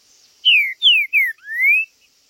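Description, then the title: Green-winged saltator song: a single bright phrase of three descending whistled slurs and a final rising whistle. Chirping, singing and macheando, male territorial calling in a singing contest (disputa). "TRINCA Piando, Cantando E Macheando Na DISPUTA. TRINCA FERRO"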